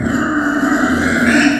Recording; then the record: squeal of a Yucatan mini pig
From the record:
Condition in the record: after surgery on the right vocal fold (resection and tissue-engineered implant); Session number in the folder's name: 3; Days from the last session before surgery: 21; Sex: female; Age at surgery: 19 weeks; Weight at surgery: 25 kg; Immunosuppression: prednisolone